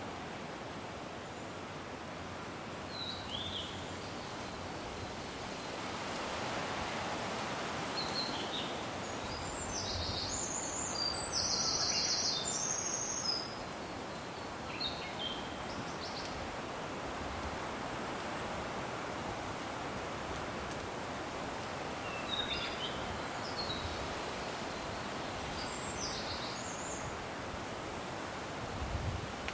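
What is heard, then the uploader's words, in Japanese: Wind passes through leaves, shaking raindrops onto bamboo grass in a soft steady patter, with a distant river rushing and brief bird calls. 大台ケ原 風が渡る。風が渡ると、上空の葉っぱからミヤコザサへpatipatataと雨粒。下手奥からまだ見えない川の音。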